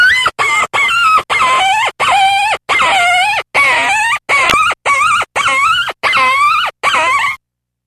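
Fox giving a steady run of many harsh, squealing yelps.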